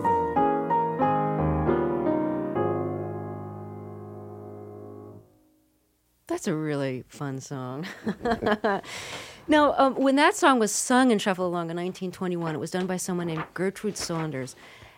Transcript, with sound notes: That's a really fun song (laughter). Now, when that song was sung in "Shuffle Along" in 1921, it was done by someone named Gertrude Saunders,